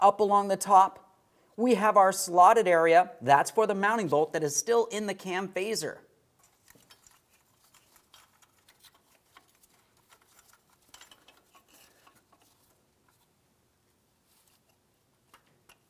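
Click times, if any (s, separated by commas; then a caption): none. Someone talks for the first six seconds while handling a wiring harness connector at the camshaft position sensor and cam phaser area of a 2007-2014 GMC Sierra 2500 HD 6.0L V8. Faint handling ticks follow near 6.7, 9.4 and 10.9 to 11.1 seconds. The connector has not seated or clicked in yet.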